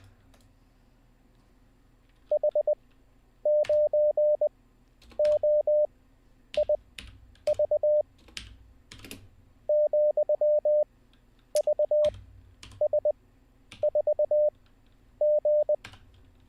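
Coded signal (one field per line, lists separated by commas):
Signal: Morse code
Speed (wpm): 20 wpm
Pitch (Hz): 600 Hz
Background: none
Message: H9OIV ,VS4G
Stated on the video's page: Morse code learning session, day 20, streamed live.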